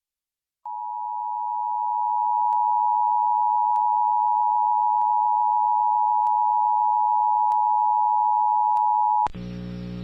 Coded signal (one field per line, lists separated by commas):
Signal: Emergency Alert System (SAME) tones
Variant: 853 and 960 Hz attention tone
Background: music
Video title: EAS- San Diego County Required Monthly Test (RMT) on KHTS-FM (7/5/2023)